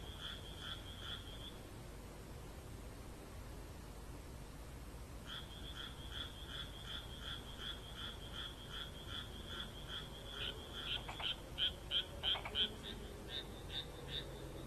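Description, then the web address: Frog croaks briefly, falls silent for a few seconds, then croaks steadily again, with louder croaks near the end. "kaeru kaeru"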